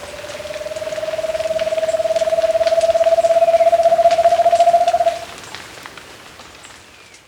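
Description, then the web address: Undulated Antpitta song: one deep, quavering, rapidly pulsed hoot lasting about five seconds, gently climbing and growing louder, then ending suddenly, followed by soft background noise. Ecuador. "Birds of Ecuador 2. Undulated Antpitta"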